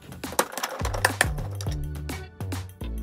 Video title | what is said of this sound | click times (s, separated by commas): DIY 5 Gallon Pail Mosquito Trap Build | is going to snap into place and | 1.1 s, 1.2 s